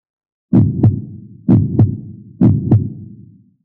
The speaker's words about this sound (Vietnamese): tim đập gia tốc, tốc độ máu chảy trong cơ thể không ngừng gia tăng. Tiếng tim đập.